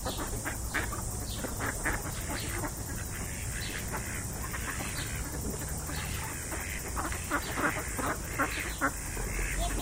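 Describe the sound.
Ducks calling together, many rough quacks overlapping in a busy, uneven chatter that carries on the whole time over a steady background hiss.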